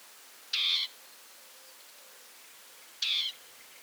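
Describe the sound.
Dartford warbler uttering two scratchy, buzzy churr notes about two and a half seconds apart, with little else audible.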